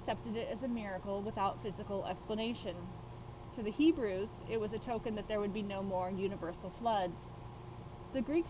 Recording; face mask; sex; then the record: reading aloud; surgical mask; female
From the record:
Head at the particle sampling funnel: not facing it